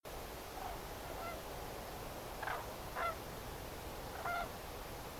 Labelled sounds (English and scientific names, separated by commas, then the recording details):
Common Crane (Grus grus)
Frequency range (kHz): Common Crane (Grus grus) 0.5-4.0 kHz
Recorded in France